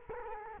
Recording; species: mosquito wingbeat signal from an infrared sensor; Culex quinquefasciatus